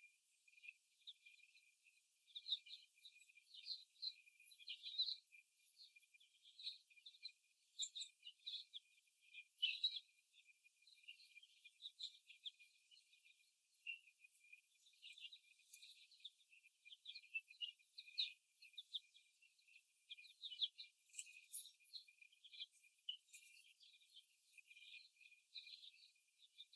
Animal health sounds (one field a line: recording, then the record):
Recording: young laying hens in a cage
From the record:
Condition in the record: before the stressor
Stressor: simulated dog barking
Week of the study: 1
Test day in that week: 1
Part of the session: 2